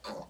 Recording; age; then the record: pig call; piglet (1 to 25 days)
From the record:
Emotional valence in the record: negative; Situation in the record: restrain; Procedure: back test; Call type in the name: low-frequency call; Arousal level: medium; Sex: male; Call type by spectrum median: low-frequency call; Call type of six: low-frequency stable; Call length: 0.30 s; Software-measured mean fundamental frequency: 75 Hz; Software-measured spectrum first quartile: 514 Hz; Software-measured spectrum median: 954 Hz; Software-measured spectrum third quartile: 2534 Hz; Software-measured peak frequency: 540 Hz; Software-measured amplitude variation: 162 dB a second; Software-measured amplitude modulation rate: 15.1 a second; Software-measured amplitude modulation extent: 10.7 dB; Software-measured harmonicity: 1.9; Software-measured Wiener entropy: -2.00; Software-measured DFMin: 1234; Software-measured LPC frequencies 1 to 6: 646, 1194, 2375, 3734, 4405, 6592 Hz